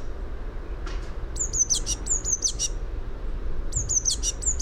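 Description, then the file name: Eurasian blue tit repeating short phrases of high, piercing notes and quick trills, three bursts in under four seconds, with a faint lower sweep early on. "Cyanistes caeruleus"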